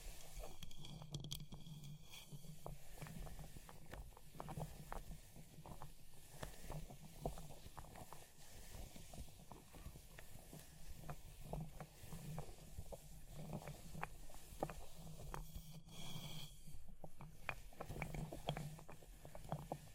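Fire crackles steadily throughout, with dense, irregular pops and snaps scattered across the whole stretch. A low rumbling hum runs underneath, and bursts of brighter scratching and tapping stand out around the one-second mark and again near sixteen seconds.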